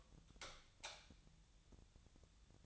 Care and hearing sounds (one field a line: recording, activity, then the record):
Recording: daily activity, microphone in the room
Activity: light off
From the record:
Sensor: 3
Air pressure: 1000.0 hPa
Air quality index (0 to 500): 124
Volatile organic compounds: 2 ppm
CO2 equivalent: 1107 ppm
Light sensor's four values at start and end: 48/124/53/58 and 46/116/50/55